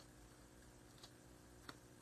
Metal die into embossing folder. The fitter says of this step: Now it locks. Can you hear it? Like, did you hear how it locks into place?